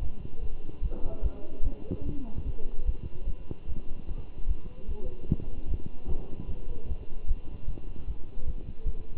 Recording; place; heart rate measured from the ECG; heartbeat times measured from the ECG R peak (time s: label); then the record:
heart sounds by stethoscope; between the tricuspid and mitral areas; 149 bpm
0.01 s: heartbeat
0.42 s: heartbeat
0.82 s: heartbeat
1.22 s: heartbeat
1.63 s: heartbeat
2.05 s: heartbeat
2.45 s: heartbeat
2.86 s: heartbeat
3.26 s: heartbeat
3.67 s: heartbeat
4.08 s: heartbeat
4.47 s: heartbeat
4.88 s: heartbeat
5.28 s: heartbeat
5.68 s: heartbeat
6.08 s: heartbeat
6.48 s: heartbeat
6.88 s: heartbeat
7.27 s: heartbeat
7.67 s: heartbeat
8.07 s: heartbeat
8.46 s: heartbeat
8.85 s: heartbeat
From the record:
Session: Bruce protocol treadmill stress test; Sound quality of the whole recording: good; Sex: male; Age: 23 years